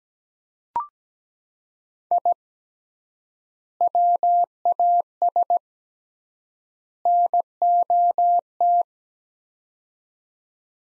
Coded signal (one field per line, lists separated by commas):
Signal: Morse code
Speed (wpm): 17 wpm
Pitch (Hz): 700 Hz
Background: none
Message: I WAS NOT